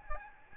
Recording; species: mosquito wingbeat signal from an infrared sensor; Aedes albopictus